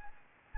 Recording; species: mosquito wingbeat signal from an infrared sensor; Anopheles gambiae